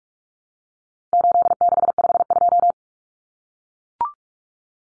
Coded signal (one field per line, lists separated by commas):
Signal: Morse code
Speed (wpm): 44 wpm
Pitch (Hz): 700 Hz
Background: none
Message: 8652